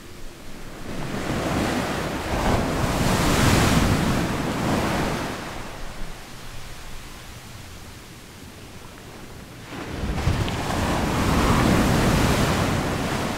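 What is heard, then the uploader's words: Ocean waves roll in with a full, rushing wash, swelling from about one to five seconds and again from ten seconds on. Between them the surf drops to a softer hiss around seven to nine seconds. Low wind rumble sits underneath throughout. Ocean Waves.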